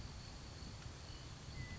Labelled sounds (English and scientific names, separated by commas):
Western Meadowlark (Sturnella neglecta)